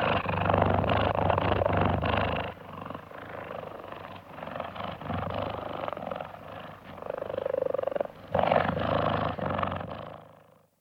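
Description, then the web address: Cheetah purring, a loud rough pulsed rumble that drops to softer purring after a few seconds, swells again near the end, then fades out, with some movement noise. Several cheetahs purring, recorded close up, with some movement sounds. "cheetahs close up purring from several animals with some movement sounds"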